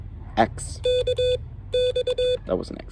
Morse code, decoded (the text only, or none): KX